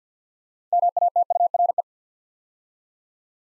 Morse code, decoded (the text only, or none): MATURE